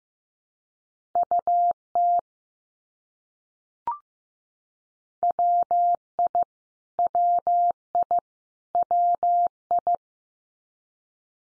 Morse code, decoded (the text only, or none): UT WI WI WI